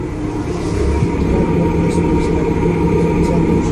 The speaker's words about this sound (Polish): Był jeden przycisk, przyciskamy go, ten pantograf się złoży, dobra, i jedziemy. O, i to jest ten właśnie odgłos.